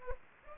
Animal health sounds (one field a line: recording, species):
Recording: mosquito wingbeat signal from an infrared sensor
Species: Anopheles gambiae